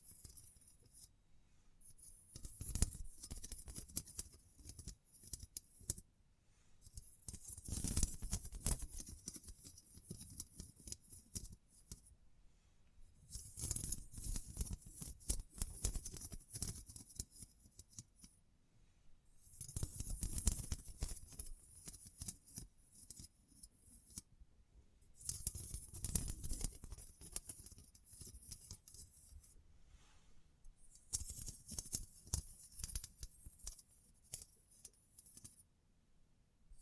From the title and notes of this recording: ASMR 9 Triggers Assortment for Sleep Tapping, Scratching, Brushing, Crinkles(No Talking).